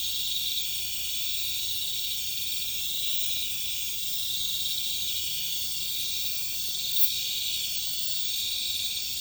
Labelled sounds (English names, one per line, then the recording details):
none
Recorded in pastures near Puerto Asís, Putumayo, Colombia, on 26 December 2024 at 23:00
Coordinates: 0.472, -76.329
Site G072